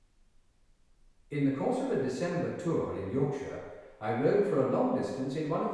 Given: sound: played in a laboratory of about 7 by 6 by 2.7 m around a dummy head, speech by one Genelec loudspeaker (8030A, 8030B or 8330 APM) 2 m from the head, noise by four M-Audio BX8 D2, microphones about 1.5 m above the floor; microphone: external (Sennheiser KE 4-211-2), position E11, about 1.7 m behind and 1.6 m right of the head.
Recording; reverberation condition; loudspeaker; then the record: male speech in English; high; in front (0 degrees)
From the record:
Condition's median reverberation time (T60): about 1300 ms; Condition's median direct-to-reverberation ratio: about -4.0 dB